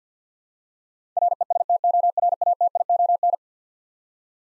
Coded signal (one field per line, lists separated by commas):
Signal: Morse code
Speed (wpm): 50 wpm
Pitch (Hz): 700 Hz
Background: none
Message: RESTORATION